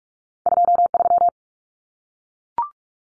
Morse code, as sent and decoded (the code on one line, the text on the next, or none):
..--- ...--
23